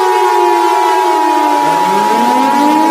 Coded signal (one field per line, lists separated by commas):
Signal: Emergency Alert System (SAME) tones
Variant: 853 and 960 Hz attention tone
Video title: Midtown Manhattan Blaze (An EAS Mini Mock)